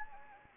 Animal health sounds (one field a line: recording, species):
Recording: mosquito wingbeat signal from an infrared sensor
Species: Anopheles gambiae